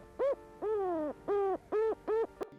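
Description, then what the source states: Petrel calls: five loud, rounded hooting notes, the second longer and falling, then a short click. Petrels nest in underground holes, making them hard to survey; acoustic recorders are used to monitor their vocal activity.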